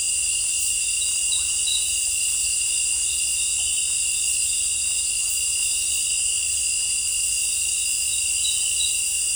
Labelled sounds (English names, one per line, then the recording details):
none
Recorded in dense forest near Puerto Asís, Putumayo, Colombia, on 20 December 2024 at 18:30
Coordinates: 0.467, -76.328
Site GP05